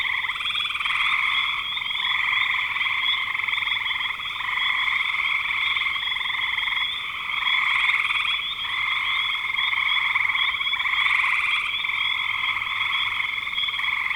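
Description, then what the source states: Frogs chorusing continuously, many high peeping trills merged into one steady, ringing din with occasional brighter bursts. Frogs calling in spring 2025.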